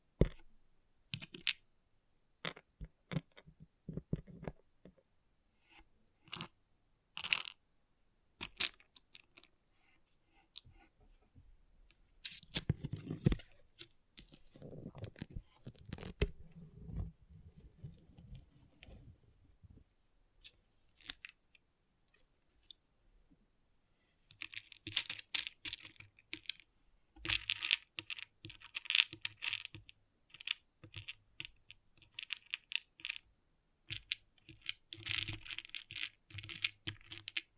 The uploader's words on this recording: ASMR Relaxing Pixel Art Beads ( No Talking).